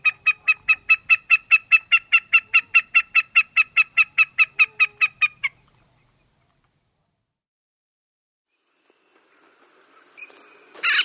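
Wilson's Snipe calling a steady, very regular series of short notes for about five seconds, followed by silence and a brief burst of rough noise at the end.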